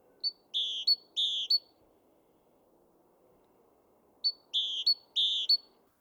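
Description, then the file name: Great tit calling in twin bursts, each a short high note then a longer ringing whistle; two bursts early, a long gap, then two more. "Parus major"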